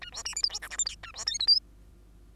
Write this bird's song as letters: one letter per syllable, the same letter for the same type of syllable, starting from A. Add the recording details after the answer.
A B C D E F G H I J A B K L M. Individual Bird2